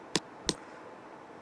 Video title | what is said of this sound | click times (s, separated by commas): Монтаж солярной пленки для бассейна | bot supplied small hit with hammer locks into place once | 0.2 s, 0.5 s